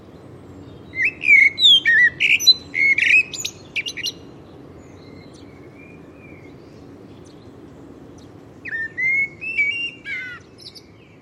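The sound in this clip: Bird calls: a rapid string of sharp, squeaky chirps, a long near-silent pause, then another short burst of chirps.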